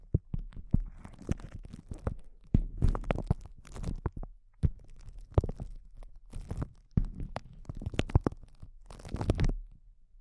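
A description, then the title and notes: Intense close-up crinkles arrive in dense, irregular bursts of crisp crackling and crunching over a low rumble, with brief pauses around four and seven seconds. ASMR Intense Close-Up Crinkles (No Talking).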